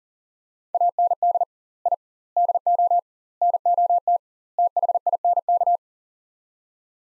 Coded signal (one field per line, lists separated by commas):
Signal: Morse code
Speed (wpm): 40 wpm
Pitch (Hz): 700 Hz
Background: none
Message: AND I DO NOT THINK